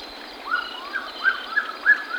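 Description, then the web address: Lyre-tailed nightjar with a few short, rising, slurred notes in quick succession, set against a constant buzzing insect background. Ecuador. "Birds of Ecuador. Lyre-Tailed Nightjar"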